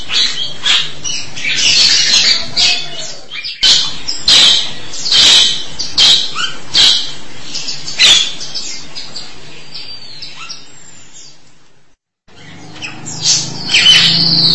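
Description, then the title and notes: Starling giving harsh, grating calls in irregular bursts, then a short pause before more rasping notes. "suara burung jalak"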